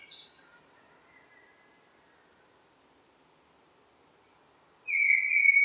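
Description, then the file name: Common blackbird: a brief high note at the start, a long near-silent pause, then a loud, sustained whistled note at the end. "Turdus merula"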